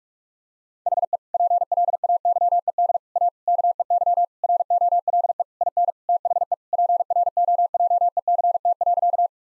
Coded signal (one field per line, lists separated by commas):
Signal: Morse code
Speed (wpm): 46 wpm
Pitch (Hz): 700 Hz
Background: none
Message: HE PLAYED A KEY ROLE IN THE PROJECT.